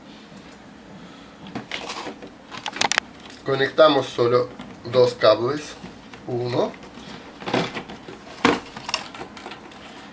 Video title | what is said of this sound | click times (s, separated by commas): 😱 ¡La placa madre NO FUNCIONA! Qué hacer y cómo cambiarla 🧠 | यह नहीं भूलते हैं कि यह काम करता है, इसके लिए यह लॉक हो जाता है, | 8.4 s